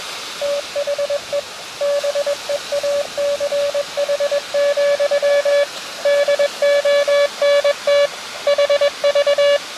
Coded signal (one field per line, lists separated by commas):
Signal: Morse code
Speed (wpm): 21 wpm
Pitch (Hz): 570 Hz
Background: radio noise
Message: THE BEACH, DONT HV